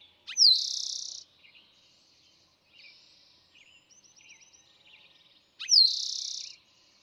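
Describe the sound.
Eastern towhee singing twice about five seconds apart, each phrase a sharp slurred whistle into a rapid trill, with faint chips and short trills in between.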